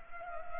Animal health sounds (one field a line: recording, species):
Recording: mosquito wingbeat signal from an infrared sensor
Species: Culex pipiens